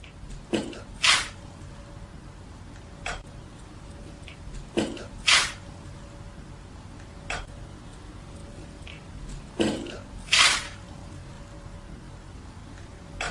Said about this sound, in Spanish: Bien, pues el sonido, lo característico que tiene es ese chasquido metálico que se produce, y lo vamos a escuchar ahora.